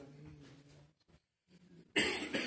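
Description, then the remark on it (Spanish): A preacher coughs while speaking, after stopping to drink some water: a low, rough throat-clearing rumble, a short pause, then a sudden loud, harsh cough burst that trails off with a second rasping push. “Y pedimos al Señor para que no me dé la tos,”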